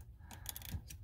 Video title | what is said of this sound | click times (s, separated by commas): Detailed SAAB (ISM) Ignition Switch Module Replacement & Upgrade | the lever it pulls the electrical connector in you get a nice satisfying click | 0.5 s